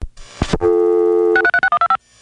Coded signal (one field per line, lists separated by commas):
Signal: DTMF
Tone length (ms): 80 ms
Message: 636125